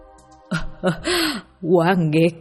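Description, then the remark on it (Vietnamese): A voice imitates the heavy panting of an old woman lying in bed: a few strained, breathy gasps in quick succession, then a longer voiced, groaning exhale, fairly loud and harsh. “Bà Lý nằm trên giường, vừa thở dốc vừa nói”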